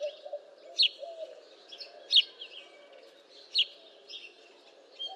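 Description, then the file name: House sparrow chirping: sharp, high chirps repeated about every one and a half seconds, with softer twitters between them. "Passer domesticus"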